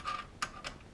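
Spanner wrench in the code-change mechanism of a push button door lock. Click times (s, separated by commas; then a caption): 0.4 s. A spanner wrench is turned inside the code-change mechanism of a Kaba push button door lock. A sharp click at 0.4 s marks the mechanism seating into place, followed by a softer click at about 0.7 s. The lock change mechanism is confirmed seated.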